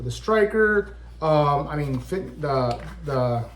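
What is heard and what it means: A ferro rod with its striker is being handled to push it into the small holder on the sheath of an Ontario SP53 Bolo knife while someone talks. Only speech is heard across the 3.6 seconds, with no distinct click or impact. The rod has not seated in the holder yet.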